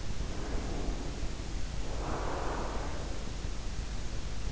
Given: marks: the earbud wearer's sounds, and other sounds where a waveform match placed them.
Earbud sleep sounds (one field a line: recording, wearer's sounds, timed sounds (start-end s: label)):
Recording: sounds in sleep by an in-ear microphone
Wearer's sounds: breath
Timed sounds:
0.00-3.38 s: breath